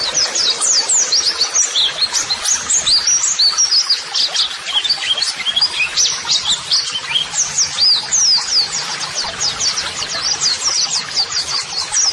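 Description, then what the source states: White-eye song, a busy stream of sharp high chirps and quick trills pouring on without pause, bright and excited throughout. White-eye singing vigorously ('gacor'), used as a model song (masteran) for training.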